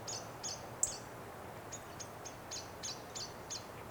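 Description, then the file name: European robin calls, thin high notes repeated in a rapid series, fairly faint over a steady background hiss. "Erithacus rubecula"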